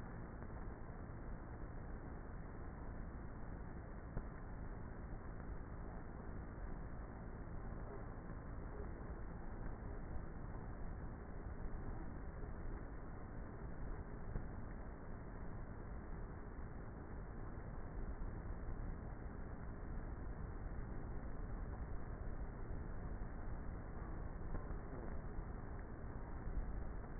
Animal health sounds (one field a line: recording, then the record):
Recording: honeybee colony, microphone inside the hive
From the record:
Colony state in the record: queenless with a low population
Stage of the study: before two queens were removed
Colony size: about 30,000 bees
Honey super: no